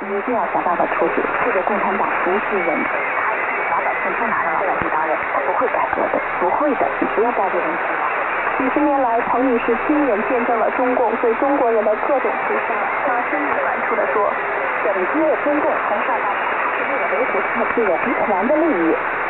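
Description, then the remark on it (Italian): A shortwave radio broadcast buried in dense interference, with a steady wash of noise and warbling, tangled voice-like tones that rise and fall throughout, band-limited and constant in loudness. “sugli 8400 kHz Chris riuscì a sintonizzarlo per pochi secondi, seppur in mezzo alle interferenze”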